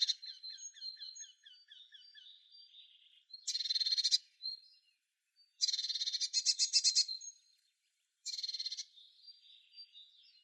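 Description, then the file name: Eurasian blue tit: thin, high descending notes at first, then three harsh, buzzy churring rattles, each about half a second to a second and a half long. "Cyanistes caeruleus"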